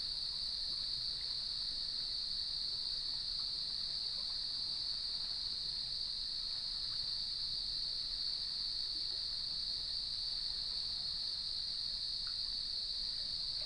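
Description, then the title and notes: Cricket: steady high-pitched trilling of many crickets, unbroken and unchanging for the whole stretch, with a soft low rumble beneath. At sunset on the beach of Lighthouse West Natural Area, Leelanau Peninsula, by gnarled cedar trees, with waves in the background. "Sounds of Leelanau Peninsula: Lighthouse West Natural Area. Nature is my Jam. As I approached the beach, the sun was just setting, and the crickets made themselves known"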